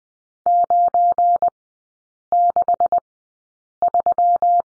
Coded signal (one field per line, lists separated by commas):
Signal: Morse code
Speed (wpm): 20 wpm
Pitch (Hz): 700 Hz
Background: none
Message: 963